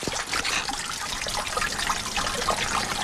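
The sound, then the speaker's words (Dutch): Rainwater trickles and gurgles steadily down into a drain gully, a continuous bright splashing with no pauses and no voices over it. “Lekker water dat wegloopt in de kolk.”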